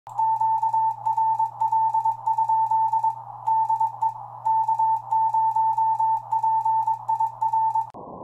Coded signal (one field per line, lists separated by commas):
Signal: Morse code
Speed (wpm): 22 wpm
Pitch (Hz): 890 Hz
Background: none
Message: QRL? DE K0PIR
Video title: WinKeyer USB CW HRD Digital Master 780 Settings